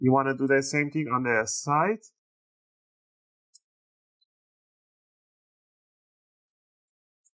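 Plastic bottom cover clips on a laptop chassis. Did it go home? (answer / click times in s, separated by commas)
released / 3.6 s, 7.3 s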